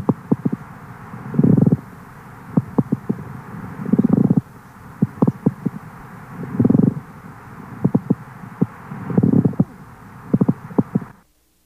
Pleural friction rub when the surface is thickened by fibrin deposits or coarsened by inflammatory neoplastic cells, the sliding motion is impeded by frictional resistance. The sound produced, the pleural friction rub, resembles the sound of leather sliding on leather.